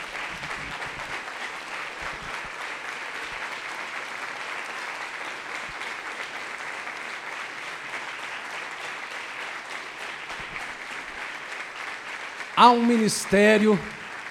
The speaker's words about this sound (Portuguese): Então eu peço que você fique de pé e nós vamos aplaudir ao Senhor pela vida da igreja.